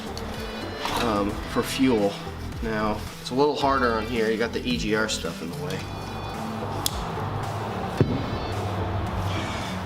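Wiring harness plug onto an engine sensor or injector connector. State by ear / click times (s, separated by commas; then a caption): seated / 6.9 s. A wiring harness plug near the EGR hardware is pushed onto its mating connector on the engine of a Miata 1.8 during an engine swap. Someone talks over music before a sharp snap at 6.9 s, and the plug seats in place.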